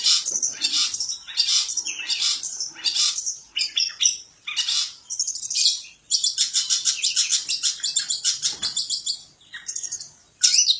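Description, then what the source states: Long-tailed shrike song: dense, rasping high-pitched phrases of fast chattering notes in loud bursts separated by short pauses. Song of a champion bird.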